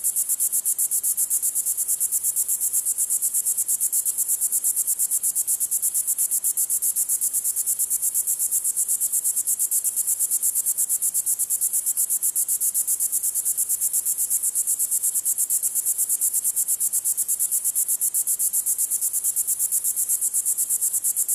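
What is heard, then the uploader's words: Cicadas drone in a continuous, high-pitched buzz that holds steady for the whole stretch, with a fast, even pulsing running through it. The insects sound loud, and little else is heard beneath them beyond a faint low hush. Cicada Sounds.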